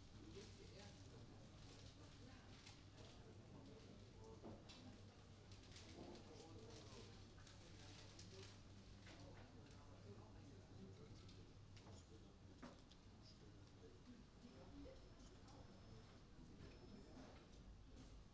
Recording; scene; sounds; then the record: everyday scene through a hearing-aid microphone; many people talking; many voices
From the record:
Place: university cafeteria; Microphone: in the ear canal, right